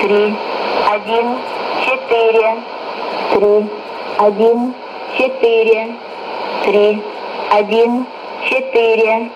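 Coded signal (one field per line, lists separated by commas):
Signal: numbers station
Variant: S06s, Russian language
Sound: female voice reading a three-number group over and over at an even pace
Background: radio static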